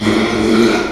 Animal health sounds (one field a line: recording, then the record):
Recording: squeal of a Yucatan mini pig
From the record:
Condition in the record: after surgery on the right vocal fold (resection and tissue-engineered implant)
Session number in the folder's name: 2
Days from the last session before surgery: 13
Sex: male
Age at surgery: 12 weeks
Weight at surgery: 13 kg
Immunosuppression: cyclosporine, prednisolone